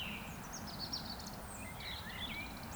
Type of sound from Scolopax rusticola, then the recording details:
whistle. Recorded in Baden-Württemberg, Germany, on 26 June 2021 at 19:34 UTC. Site 45499, 200 m above sea level